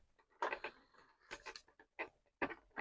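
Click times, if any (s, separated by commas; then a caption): 0.4 s. A small plastic wiring connector for the lighting of a Titanic model is pushed into its socket and clicks in at 0.4 s with a sharp, bright snap. A few quieter short ticks and taps follow over the rest of the clip. The connector is seated.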